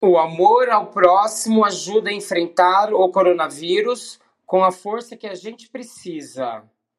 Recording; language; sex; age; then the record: spoken sentence; Brazilian Portuguese; male; 30 to 39 years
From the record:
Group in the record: control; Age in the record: 39 years